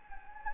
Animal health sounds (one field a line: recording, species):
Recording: mosquito wingbeat signal from an infrared sensor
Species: Anopheles gambiae